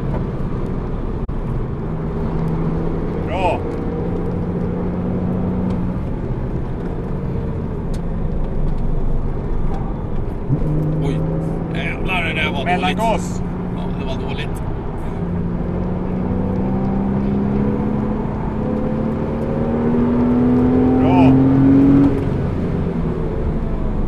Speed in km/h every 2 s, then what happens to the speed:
108, 112, 122, 105, 73, 76, 92, 85, 96, 108, 126, 125.
0-5 speeds up to 122. 5-8 brakes to 73. 8-20 speeds up to 126.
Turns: 7-12, 14-18.